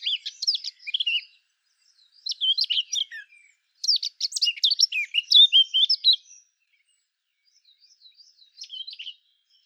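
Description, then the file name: Eurasian blackcap song: three bursts of rapid, varied high warbling separated by short pauses, with a fainter, thinner phrase near the end. "Sylvia atricapilla"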